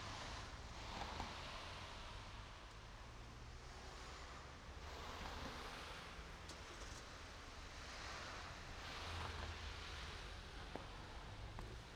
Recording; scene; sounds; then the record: everyday scene through a hearing-aid microphone; in traffic; traffic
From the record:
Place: main road on the outskirts, rush hour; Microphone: in the ear canal, right